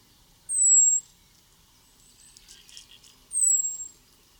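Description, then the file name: European robin with two thin, high whistles about three seconds apart, a soft buzzy twitter between them. "Erithacus rubecula"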